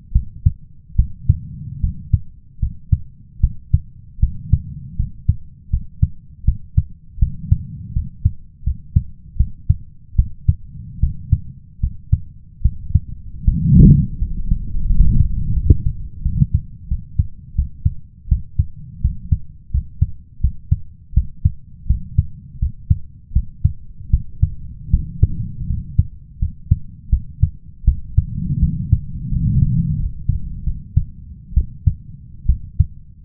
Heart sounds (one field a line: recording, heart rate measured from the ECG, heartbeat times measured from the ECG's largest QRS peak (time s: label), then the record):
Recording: heart sounds by stethoscope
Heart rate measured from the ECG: 80 bpm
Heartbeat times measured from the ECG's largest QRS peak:
0.12 s: heartbeat
0.95 s: heartbeat
1.80 s: heartbeat
2.59 s: heartbeat
3.40 s: heartbeat
4.19 s: heartbeat
4.96 s: heartbeat
5.70 s: heartbeat
6.44 s: heartbeat
7.19 s: heartbeat
7.93 s: heartbeat
8.63 s: heartbeat
9.36 s: heartbeat
10.15 s: heartbeat
10.99 s: heartbeat
11.80 s: heartbeat
12.61 s: heartbeat
13.44 s: heartbeat
14.18 s: heartbeat
14.86 s: heartbeat
15.53 s: heartbeat
16.22 s: heartbeat
16.88 s: heartbeat
17.55 s: heartbeat
18.28 s: heartbeat
19.01 s: heartbeat
19.71 s: heartbeat
20.40 s: heartbeat
21.13 s: heartbeat
21.86 s: heartbeat
22.59 s: heartbeat
23.32 s: heartbeat
24.10 s: heartbeat
24.90 s: heartbeat
25.66 s: heartbeat
26.39 s: heartbeat
27.09 s: heartbeat
27.84 s: heartbeat
28.59 s: heartbeat
29.29 s: heartbeat
29.96 s: heartbeat
30.63 s: heartbeat
31.54 s: heartbeat
32.46 s: heartbeat
From the record:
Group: healthy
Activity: rest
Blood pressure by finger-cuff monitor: 103/76 mmHg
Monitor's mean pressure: 83 mmHg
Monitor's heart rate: 81 bpm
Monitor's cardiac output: 5.6 L/min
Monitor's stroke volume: 71 mL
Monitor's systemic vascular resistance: 1080 dyn s/cm5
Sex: male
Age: 21 years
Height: 170 cm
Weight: 71 kg